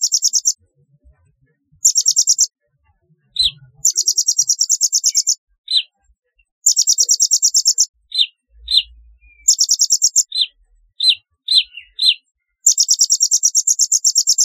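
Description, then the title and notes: Sunbird chirping: bursts of very high, rapid buzzy trills alternating with sharp chip notes, with short pauses between phrases. "Kicau Burung Kolibri"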